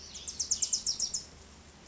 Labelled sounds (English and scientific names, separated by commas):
Bewick's Wren (Thryomanes bewickii)